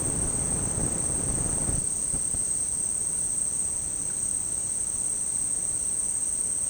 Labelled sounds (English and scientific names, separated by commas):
none